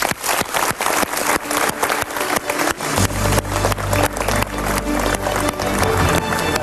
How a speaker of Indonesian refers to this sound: Kita berikan tepuk tangan yang paling meriah untuk Pak Mario Teguh.